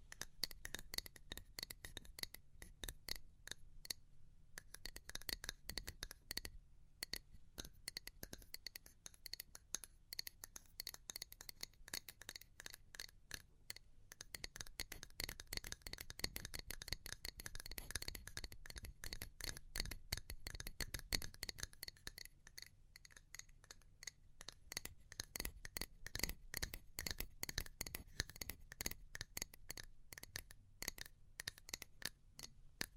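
Pure tapping, a dense run of sharp, bright taps with a glassy click to them, sometimes rapid and clustered, sometimes slower with short gaps, as around 4 and 7 seconds. A soft low rumble sits underneath, swelling between about 15 and 22 seconds.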